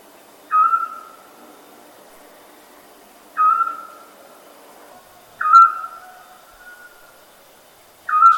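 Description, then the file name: Owl calls: sharp whistled notes that drop quickly and trail off, repeated four times at intervals of roughly two to three seconds, with little else audible. "uggla ljud"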